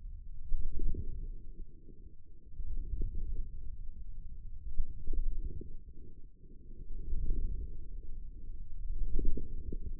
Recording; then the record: forearm muscle sounds (acoustic myography)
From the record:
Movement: wrist flexion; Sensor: system 2, bracelet of six BSWA MPA416 microphones around the upper forearm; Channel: 4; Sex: male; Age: 22 years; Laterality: right